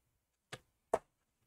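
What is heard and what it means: The metal bottom cover of a MacBook Pro 15 A1707 is pried up from the corner. A first sharp snap sounds at 0.5 s, then a louder, crisper click at 0.9 s as one side clip in the chassis releases and pops open.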